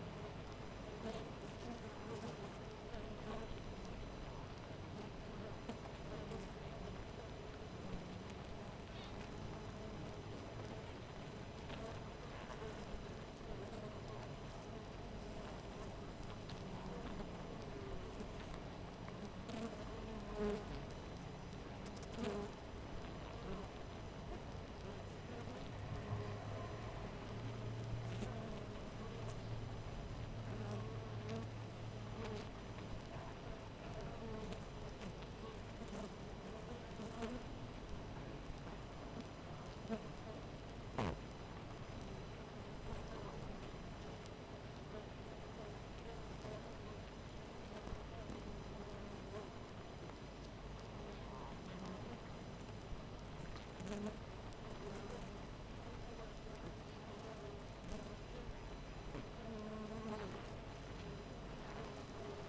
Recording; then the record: honeybee colony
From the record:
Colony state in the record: missing queen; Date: 14 July 2017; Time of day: 5:02